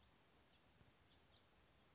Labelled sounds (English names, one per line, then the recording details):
House Finch
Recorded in Sonoma County, California